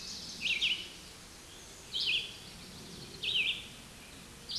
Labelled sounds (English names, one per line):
Red-eyed Vireo song